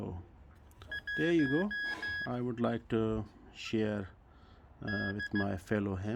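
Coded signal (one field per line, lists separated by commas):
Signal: Morse code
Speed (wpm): 15 wpm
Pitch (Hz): 1650 Hz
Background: speech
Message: 1 D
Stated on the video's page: Morse tutor device, Datong D70 made in England.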